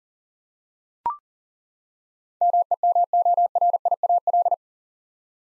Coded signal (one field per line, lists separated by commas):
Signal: Morse code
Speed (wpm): 40 wpm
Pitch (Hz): 700 Hz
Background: none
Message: MEMORIAL